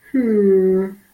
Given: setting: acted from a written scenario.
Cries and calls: vocal sound without words; guilt

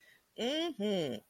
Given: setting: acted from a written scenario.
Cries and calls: vocal sound without words; pride

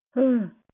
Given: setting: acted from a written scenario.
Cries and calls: vocal sound without words; fear

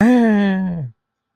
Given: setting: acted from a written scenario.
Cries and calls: vocal sound without words; negative surprise

